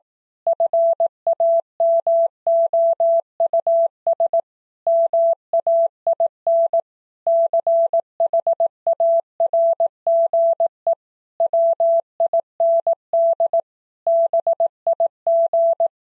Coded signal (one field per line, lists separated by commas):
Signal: Morse code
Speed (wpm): 18 wpm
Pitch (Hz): 670 Hz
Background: none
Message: FAMOUS MAIN CHARGE WIND BIG